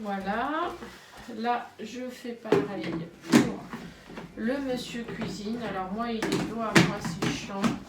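A lid is handled onto the bowl of a Monsieur Cuisine kitchen robot while someone talks throughout, with a brief knock near 3.7 seconds. Nothing has seated or clicked shut yet.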